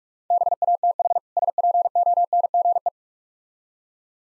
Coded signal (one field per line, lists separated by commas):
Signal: Morse code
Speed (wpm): 46 wpm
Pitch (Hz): 700 Hz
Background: none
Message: BATH SPONGE